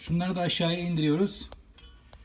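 Someone talks while handling a gas regulator's plastic locking collar as it is lowered toward an LPG cylinder valve. The speech is followed by a few faint, brief handling sounds around 1.8 and 2.1 seconds. Nothing has seated or clicked home yet.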